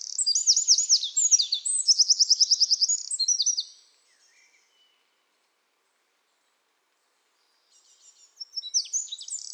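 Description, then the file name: Eurasian wren bursts into a shrill, rapid song of looping notes and a machine-gun trill, pauses for several seconds, then starts another phrase. "Troglodytes troglodytes"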